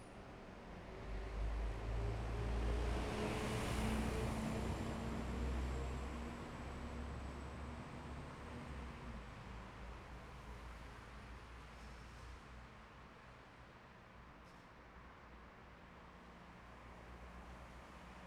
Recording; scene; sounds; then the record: everyday scene through a hearing-aid microphone; in traffic; traffic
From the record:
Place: bus stop on a city main road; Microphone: behind the ear, left, front